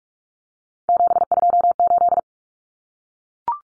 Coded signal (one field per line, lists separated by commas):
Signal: Morse code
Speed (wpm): 44 wpm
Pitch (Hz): 700 Hz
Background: none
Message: 728